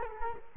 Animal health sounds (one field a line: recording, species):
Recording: mosquito wingbeat signal from an infrared sensor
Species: Culex quinquefasciatus